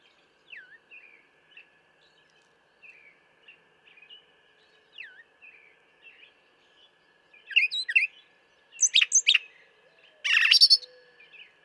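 Brown thrasher song: soft slurred notes at first, then loud, harsh, buzzy phrases near the end, over a constant faint tone.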